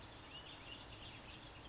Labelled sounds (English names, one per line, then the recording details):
California Towhee
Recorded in Sonoma County, California